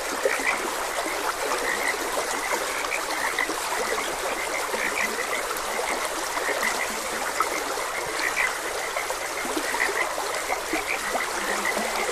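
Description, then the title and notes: Many frogs croak together in dense pulses without pause, backed by the even trickle and rush of a stream. Frogs croaking beside a gentle stream. "Gentle Stream and Frogs Croaking. Sleep and Relaxation Podcast"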